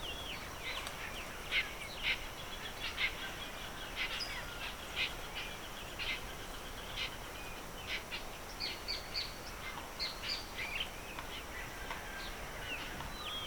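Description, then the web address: Birds in a busy chorus: many short, high chirps and twitters overlapping continuously, with scattered sharper notes standing out above a steady hiss. Evening birdsong recorded in the Pantanal swamp, rural South America. "The BBC Sound Effects Library - Complete 60 CDs Collection Sound Effects Library- (Rural South America) Evening Birdsong, Pantanal Swamp"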